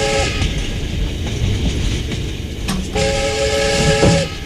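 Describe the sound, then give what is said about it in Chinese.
A train travelling from Shanghai to Shaanxi, heard in a compartment, rumbles steadily along the rails with a continuous low roar and rhythmic rattling, while sustained tonal whines from the wheels or horn rise midway and hold until the end. “6月17日，在上海开往陕西的火车包厢里，坐着衣冠楚楚、风度优雅的香港大老板。”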